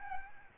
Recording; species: mosquito wingbeat signal from an infrared sensor; Aedes albopictus